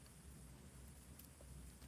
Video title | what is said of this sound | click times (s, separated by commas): Turning up my cars for tomorrow's race. | clip push it down and it pops right in | 1.2 s